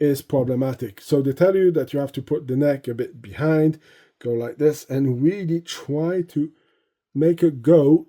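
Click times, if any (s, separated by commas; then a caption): none. Someone talks while handling a Hot Toys Ahsoka Tano Padawan TMS123 action figure, getting ready to push its head onto the neck ball peg with the neck tilted back, as the instructions call for. The head has not snapped onto the peg yet; nothing has seated or clicked.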